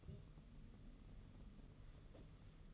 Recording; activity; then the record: daily activity, microphone in the room; take from stove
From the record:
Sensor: 4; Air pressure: 995.3 hPa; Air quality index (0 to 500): 216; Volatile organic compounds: 261 ppm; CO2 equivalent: 4389 ppm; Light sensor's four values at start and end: 24/77/29/32 and 24/77/29/32